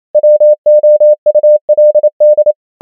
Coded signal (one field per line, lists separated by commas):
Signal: Morse code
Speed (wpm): 28 wpm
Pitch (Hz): 600 Hz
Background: none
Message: WOULD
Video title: morse code practice | 28wpm | 100 most common words | ENGLISH